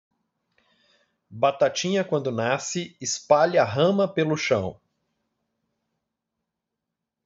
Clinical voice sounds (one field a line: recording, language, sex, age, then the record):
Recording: short text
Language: Brazilian Portuguese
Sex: male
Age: 40 to 49 years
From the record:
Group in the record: control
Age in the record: 46 years